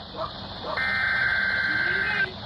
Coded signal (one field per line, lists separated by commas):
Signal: Emergency Alert System (SAME) tones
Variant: header bursts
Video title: imagine failing | Required Weekly Tests | EAS #596 - #601